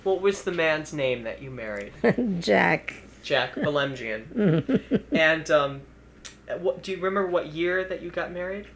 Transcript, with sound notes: What was the man's name that you married?
Jack.
Jack Belemjian.
Hmm. ( she laughs )
And do you remember what year you got married?